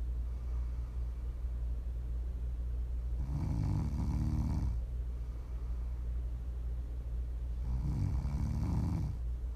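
Two low, rumbling snores, each lasting about a second and a half and spaced roughly four seconds apart, putting the breathing at about 14 breaths a minute, over a steady low background hum. Ordinary inspiratory snoring from an adult sleeper, offered as ASMR for sleep and relaxation.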